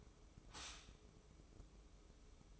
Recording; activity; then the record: daily activity, microphone in the room; stop toaster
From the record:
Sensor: 1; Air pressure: 995.3 hPa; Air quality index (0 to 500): 25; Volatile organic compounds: 0 ppm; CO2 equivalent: 501 ppm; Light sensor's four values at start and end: 18/59/21/23 and 18/59/21/23